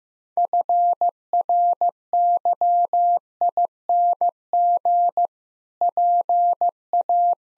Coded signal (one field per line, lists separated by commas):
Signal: Morse code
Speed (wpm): 16 wpm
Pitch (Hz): 700 Hz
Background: none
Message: FRYING PA